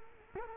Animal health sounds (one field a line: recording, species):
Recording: mosquito wingbeat signal from an infrared sensor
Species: Culex quinquefasciatus